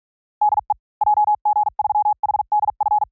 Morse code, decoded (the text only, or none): DE JG3HDF